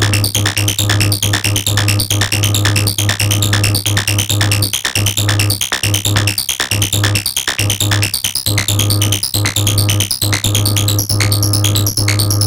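A dense mix of environmental sounds under a steady low hum, punctured by frequent hard blips and sharp clicks throughout.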